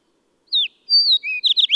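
Bird song: a falling note, a long clear whistle, a lower whistle, then a rapid burst of sharp slurred notes.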